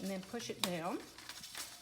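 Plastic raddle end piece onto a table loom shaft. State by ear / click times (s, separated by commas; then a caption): seated / 1.3 s. Someone talks as a 3D-printed plastic raddle end piece, already clipped over the shaft of a Schacht Wolf table loom, is pushed down. A single sharp snap at 1.3 s marks it seating into place.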